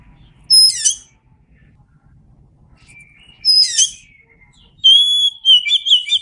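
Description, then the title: Oriental magpie-robin song of sharp falling whistles, a lower slurred note, then a steady high whistle breaking into quick chattering notes. Singing vigorously and continuously (gacor). "Kacer Gacor"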